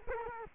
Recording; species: mosquito wingbeat signal from an infrared sensor; Culex quinquefasciatus